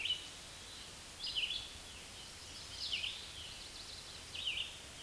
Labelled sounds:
Red-eyed Vireo song
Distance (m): 20 m
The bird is about 15 m above the microphone
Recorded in a Pennsylvania forest on 16 May 2024 at 06:35
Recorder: AudioMoth, point MSD-2201
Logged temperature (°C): 15.5 °C
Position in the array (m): 157 m, 68 m

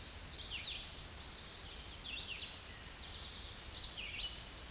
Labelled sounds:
Red-eyed Vireo song
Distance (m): 40 m
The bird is about 20 m above the microphone
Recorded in a Pennsylvania forest on 16 May 2024 at 07:58
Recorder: AudioMoth, point MSD-0475
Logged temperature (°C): 12.3 °C
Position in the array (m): 147 m, 35 m

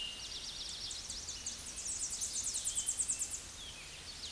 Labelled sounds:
Tennessee Warbler song
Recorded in a Pennsylvania forest on 16 May 2024 at 08:04
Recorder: AudioMoth, point MSD-1482
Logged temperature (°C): 15.6 °C
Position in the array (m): 89 m, 97 m

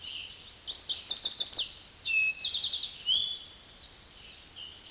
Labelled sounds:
Eastern Towhee song
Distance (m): 5 m
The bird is about level with the microphone
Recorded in a Pennsylvania forest on 16 May 2024 at 06:15
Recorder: AudioMoth, point MSD-2166
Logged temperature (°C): 16.3 °C
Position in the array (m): 109 m, 7 m

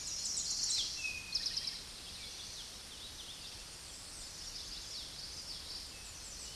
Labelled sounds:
Eastern Towhee song
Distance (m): 15 m
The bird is about 5 m above the microphone
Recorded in a Pennsylvania forest on 16 May 2024 at 08:23
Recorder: AudioMoth, point MSD-1360
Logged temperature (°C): 14.8 °C
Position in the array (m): 169 m, 189 m

